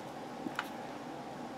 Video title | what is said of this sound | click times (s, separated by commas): ihybrid beast build tutorial HD | pops right in there we go | 0.6 s